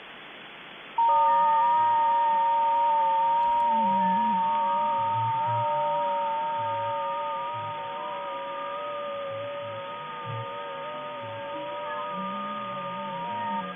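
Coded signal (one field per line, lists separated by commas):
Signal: FT8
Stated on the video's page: Received on an ICOM 7610 with a two-element hex beam, 100 W, on the 50 and 28 MHz bands.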